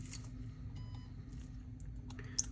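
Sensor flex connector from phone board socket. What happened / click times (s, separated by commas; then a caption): The flex connector popped off its socket / 2.4 s. A fingerprint sensor flex connector is unclipped from its socket on the board of a Samsung Galaxy S20 FE during a screen replacement, over a steady low hum. A few faint ticks at 1.8, 2.1 and 2.2 seconds lead up to a sharp, loud click at 2.4 seconds as the connector pops off and is released.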